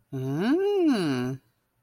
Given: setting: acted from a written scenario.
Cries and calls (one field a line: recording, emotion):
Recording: vocal sound without words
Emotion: desire